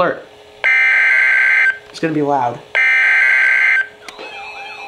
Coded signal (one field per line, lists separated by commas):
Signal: Emergency Alert System (SAME) tones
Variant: header bursts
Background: speech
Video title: Special Marine Warning (EAS #1,089)